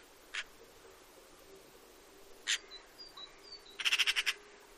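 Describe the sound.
Eurasian magpie call: a few lone harsh notes, then a quick rattling series of six or seven chak sounds at the end, with faint whistles of other birds.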